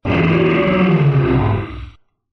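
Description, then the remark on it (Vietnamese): A dragon's single deep, growling roar lasting about two seconds, loud and sustained with a rough, rumbling low end, then cutting off abruptly into silence. No voices accompany it. “Lại một tiếng gào thét trung trời, hắc diễm trên người Trúc Long tăng vọt lên gấp mấy lần.”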